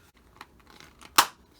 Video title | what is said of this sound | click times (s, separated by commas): POM Gear Flex Mount Review - FREE UP YOUR HANDS! Rear Camera Video on Phone (3 Tips) | snapped right in you could hear that | 1.2 s